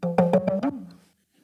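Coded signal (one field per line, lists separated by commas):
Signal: talking drum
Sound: low humming drum tone with four quick strokes, pitch rising then fading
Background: small room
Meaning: My name is Manuel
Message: Yo me llamo Manuel.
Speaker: Tiene la capacidad de reproducir la voz humana. Yo me llamo Manuel.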